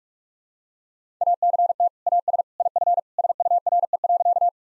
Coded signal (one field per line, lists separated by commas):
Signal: Morse code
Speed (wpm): 41 wpm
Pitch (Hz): 700 Hz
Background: none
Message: ACT AS IF SURE.